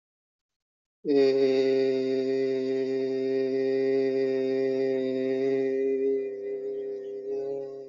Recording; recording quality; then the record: sustained vowel as in made; excellent, no background noise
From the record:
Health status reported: healthy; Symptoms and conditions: none ticked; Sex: male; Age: 40 years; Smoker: not ticked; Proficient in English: yes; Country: India